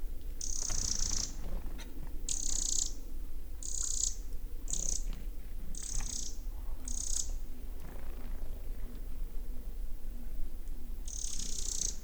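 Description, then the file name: Eurasian wren calling with a series of short, high, harsh churring bursts, several in quick succession then a pause and one more, over constant low-pitched rumble. "Troglodytes troglodytes"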